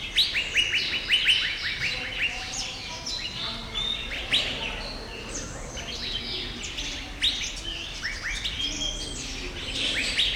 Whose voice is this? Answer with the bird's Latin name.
Irena puella